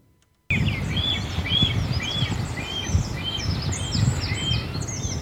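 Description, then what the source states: Black stork calls: short arched whistled notes repeated at a steady pace, with fainter higher notes above and a steady low rumble throughout. Calls described as bill clattering broken up by small bleat-like sounds, not very pleasant, given mainly at breeding sites; the bird also clatters; a very discreet species.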